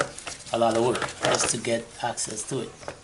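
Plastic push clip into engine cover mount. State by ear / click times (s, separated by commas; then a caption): not seated / none. A plastic push clip for the engine cover mount on a BMW 318i is handled after a spark plug job, with the retaining clips about to be pushed back in so they snap into place. Over a soft background of handling noise, someone talks throughout. Nothing has seated or clicked yet.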